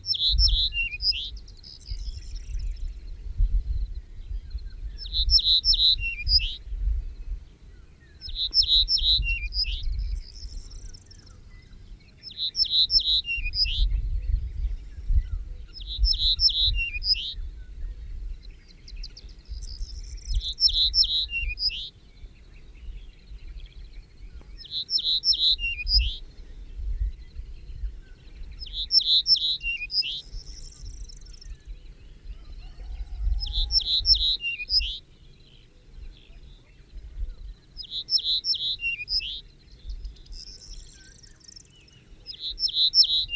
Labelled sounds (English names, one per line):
Ortolan Bunting song